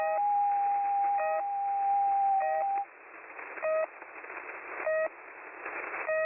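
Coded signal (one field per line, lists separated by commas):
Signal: channel marker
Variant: The Pip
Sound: short buzzy pips about every 1.2 seconds; a steady whistle stops after three seconds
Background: radio static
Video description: I noticed an unusual signal on top of the Russian frequency holder signal "The Pip" at 3756 kHz. It stopped just shortly after I tuned to that frequency and started up my screen recorder.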